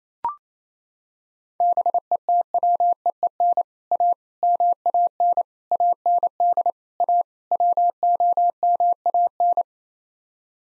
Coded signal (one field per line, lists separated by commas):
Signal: Morse code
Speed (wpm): 27 wpm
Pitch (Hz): 700 Hz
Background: none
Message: BETWEEN A MAN AND A WOMAN